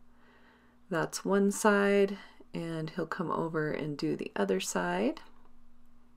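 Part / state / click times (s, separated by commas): tarp extension pole into hammock stand hub / not seated / none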